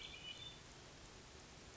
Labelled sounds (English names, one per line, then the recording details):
Hermit Thrush
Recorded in Sonoma County, California